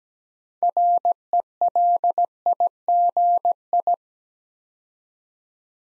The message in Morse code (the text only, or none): RELIGI